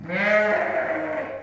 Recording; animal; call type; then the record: contact call of a hoofed animal; sheep; low-frequency (closed-mouth) or high-frequency (open-mouth) call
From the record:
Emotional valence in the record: negative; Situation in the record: short social isolation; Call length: 1.42 s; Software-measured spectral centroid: 1570 Hz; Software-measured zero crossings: 1910 a second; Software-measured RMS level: -23 dBFS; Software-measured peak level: -8 dBFS